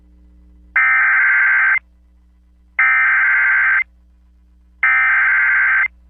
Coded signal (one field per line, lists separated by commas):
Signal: Emergency Alert System (SAME) tones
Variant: header bursts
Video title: Thanks A Lot Wakefield...EAS Alerts From August 15-16, 2020 (EAS #368-403)